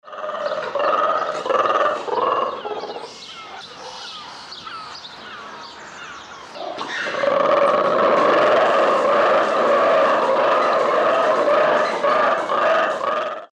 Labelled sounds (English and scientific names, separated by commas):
Mantled Guereza (Colobus guereza)